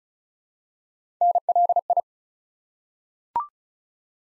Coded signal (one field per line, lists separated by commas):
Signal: Morse code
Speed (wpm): 36 wpm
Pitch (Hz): 700 Hz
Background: none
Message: NLI